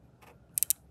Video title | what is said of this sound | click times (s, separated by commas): How to Use CareSens N Feliz (non-Bluetooth) - Set Up, Testing, Control Solution Testing | reinsert the cap of the laning device twist all the way until you hear a small click | 0.6 s, 0.7 s